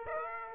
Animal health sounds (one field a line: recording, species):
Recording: mosquito wingbeat signal from an infrared sensor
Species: Aedes aegypti